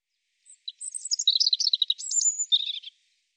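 European robin song phrase, a high thin note leading into a rapid run of sweet tumbling trills and a final warbled flourish, heard alone.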